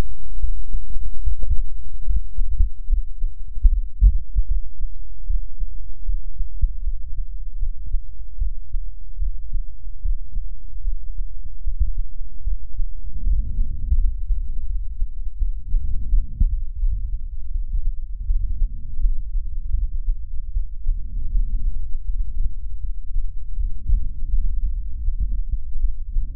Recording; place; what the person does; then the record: lung sounds by stethoscope; left anterior apical chest; quiet breathing, then deep breathing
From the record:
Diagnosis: none (healthy); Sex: male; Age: 29 years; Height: 180 cm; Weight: 100 kg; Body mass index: 30.9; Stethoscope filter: bell mode